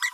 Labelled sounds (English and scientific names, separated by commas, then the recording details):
Green-rumped Parrotlet (Forpus passerinus) babbling
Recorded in a nest box in Venezuela
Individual 18B25A4